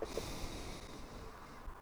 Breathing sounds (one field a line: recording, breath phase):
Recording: one breath near a microphone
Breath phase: exhalation